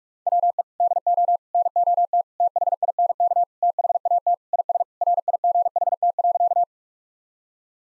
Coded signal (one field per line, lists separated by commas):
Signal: Morse code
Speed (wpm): 41 wpm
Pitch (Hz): 700 Hz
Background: none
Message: WE DO NOT THINK THAT IS RIGHT.